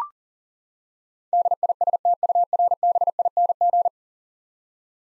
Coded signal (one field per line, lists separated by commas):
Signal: Morse code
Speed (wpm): 40 wpm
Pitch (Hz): 700 Hz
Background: none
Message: DISTURBING